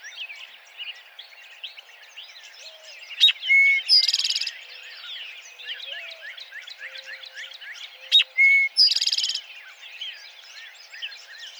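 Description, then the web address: Eastern towhee singing twice, about five seconds apart, each time a crisp note, a held whistle and a rapid rattling trill, with other birds twittering constantly behind. Recorded 3 July 2007. "Eastern Towhee 2007 07 03"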